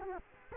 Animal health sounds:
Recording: mosquito wingbeat signal from an infrared sensor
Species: Culex quinquefasciatus

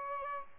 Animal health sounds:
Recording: mosquito wingbeat signal from an infrared sensor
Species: Aedes albopictus

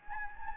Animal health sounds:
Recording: mosquito wingbeat signal from an infrared sensor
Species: Anopheles gambiae

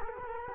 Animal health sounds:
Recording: mosquito wingbeat signal from an infrared sensor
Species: Culex quinquefasciatus

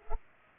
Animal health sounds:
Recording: mosquito wingbeat signal from an infrared sensor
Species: Culex pipiens

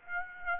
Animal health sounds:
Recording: mosquito wingbeat signal from an infrared sensor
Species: Aedes aegypti

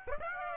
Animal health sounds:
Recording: mosquito wingbeat signal from an infrared sensor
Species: Aedes aegypti

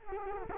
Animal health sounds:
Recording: mosquito wingbeat signal from an infrared sensor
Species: Culex quinquefasciatus

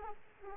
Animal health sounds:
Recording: mosquito wingbeat signal from an infrared sensor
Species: Aedes aegypti

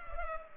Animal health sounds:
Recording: mosquito wingbeat signal from an infrared sensor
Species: Culex pipiens

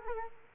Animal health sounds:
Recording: mosquito wingbeat signal from an infrared sensor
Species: Culex quinquefasciatus

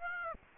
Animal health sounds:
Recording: mosquito wingbeat signal from an infrared sensor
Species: Aedes aegypti

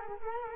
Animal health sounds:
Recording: mosquito wingbeat signal from an infrared sensor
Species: Culex quinquefasciatus

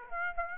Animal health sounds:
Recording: mosquito wingbeat signal from an infrared sensor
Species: Aedes aegypti

